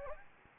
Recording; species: mosquito wingbeat signal from an infrared sensor; Anopheles gambiae